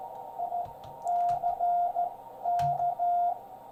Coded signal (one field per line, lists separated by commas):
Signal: Morse code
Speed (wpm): 14 wpm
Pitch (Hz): 700 Hz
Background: radio noise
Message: ICK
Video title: CW, Morse Code, after not doing it for a few years.